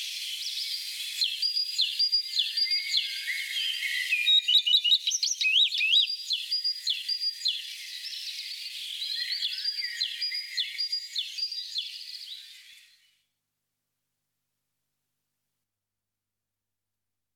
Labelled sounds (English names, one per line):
Common Redstart song